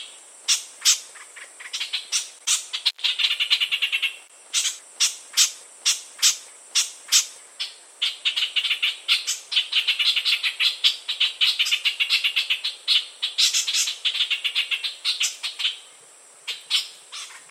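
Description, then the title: White-shouldered triller chattering song, rapid high twittering notes in long bursts broken by brief gaps, with steady sharp chirps throughout. "Kapas Tembak"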